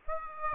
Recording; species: mosquito wingbeat signal from an infrared sensor; Aedes aegypti